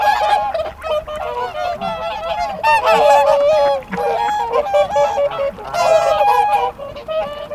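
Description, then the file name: Whooper swans calling in a dense chorus, many overlapping bugling, trumpet-like honks with rich harmonics, rising and falling, swelling louder around three and six seconds. Recorded at Hamretjern on 7 February 2021. "20210207 sangsvane hamretjern"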